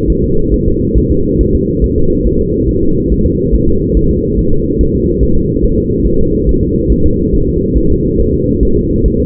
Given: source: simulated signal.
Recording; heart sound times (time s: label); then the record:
fetal heart sounds
0.10 s: S1
0.24 s: S2
0.54 s: S1
0.68 s: S2
0.98 s: S1
1.12 s: S2
1.41 s: S1
1.55 s: S2
1.84 s: S1
1.98 s: S2
2.27 s: S1
2.41 s: S2
2.69 s: S1
2.83 s: S2
3.12 s: S1
3.26 s: S2
3.54 s: S1
3.68 s: S2
3.97 s: S1
4.11 s: S2
4.39 s: S1
4.53 s: S2
4.81 s: S1
4.95 s: S2
5.23 s: S1
5.37 s: S2
5.65 s: S1
5.78 s: S2
6.07 s: S1
6.21 s: S2
6.49 s: S1
6.63 s: S2
6.92 s: S1
7.06 s: S2
7.35 s: S1
7.49 s: S2
7.78 s: S1
7.91 s: S2
8.20 s: S1
8.34 s: S2
8.63 s: S1
8.77 s: S2
9.06 s: S1
9.20 s: S2
From the record:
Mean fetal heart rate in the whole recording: 140 bpm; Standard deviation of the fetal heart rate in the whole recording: 2 bpm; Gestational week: 34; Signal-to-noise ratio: -16.4 dB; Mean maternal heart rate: 72 bpm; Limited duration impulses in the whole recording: present